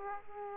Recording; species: mosquito wingbeat signal from an infrared sensor; Aedes aegypti